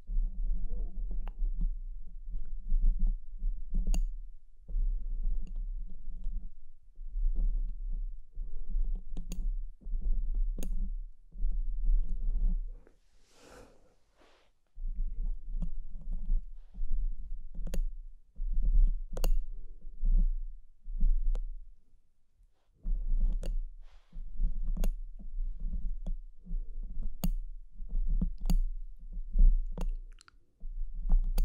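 Pinching and scratching: sharp clicks snap out every second or so over a steady low hum, with a brief hissy rub near fourteen seconds.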